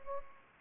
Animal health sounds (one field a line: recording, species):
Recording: mosquito wingbeat signal from an infrared sensor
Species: Anopheles gambiae